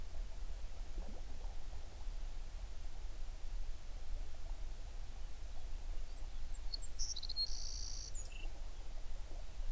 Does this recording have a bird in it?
yes